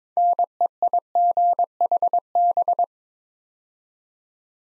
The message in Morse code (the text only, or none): NEIGHB